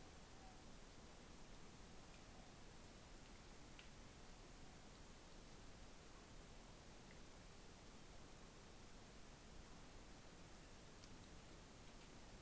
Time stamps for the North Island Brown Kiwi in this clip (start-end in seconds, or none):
none